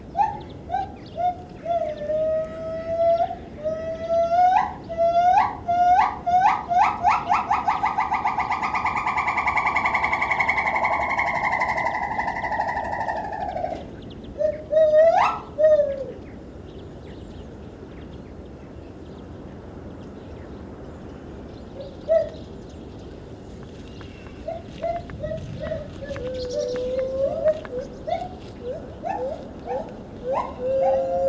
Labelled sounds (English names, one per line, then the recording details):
Borneo Gibbon
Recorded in captivity
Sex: female
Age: adult
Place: Tierpark Berlin, Berlin, DE
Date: 1970-10-24
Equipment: Uher 4200 Report Stereo, Tesla Verstärker, Sennheiser MD 421, Doppelspuraufnahme
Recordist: Tembrock, Günter